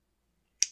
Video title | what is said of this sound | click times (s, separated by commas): Husqvarna 135 Mark II Throttle Valve Repair | so the lines are passed through that slot and we'll try and get the primer bulb lined up and snapped into place | 0.6 s